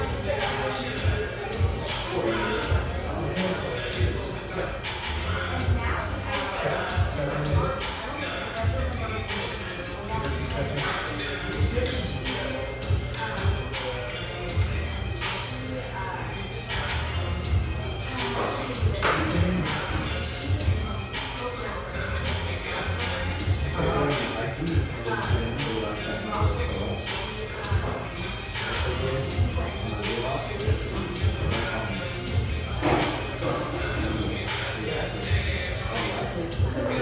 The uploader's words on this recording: Sellwood, Portland, Oregon. Family-oriented, high-ceilinged java joint near Portland's Willamette riverfront.